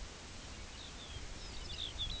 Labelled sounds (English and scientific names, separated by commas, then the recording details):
Lapland Longspur (Calcarius lapponicus)
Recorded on Arctic tundra, site UTQI-2, on 15 June 2019
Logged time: 02:00